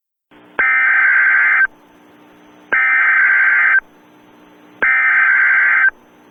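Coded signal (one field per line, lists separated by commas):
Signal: Emergency Alert System (SAME) tones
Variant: header bursts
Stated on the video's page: Fictional EAS scenario.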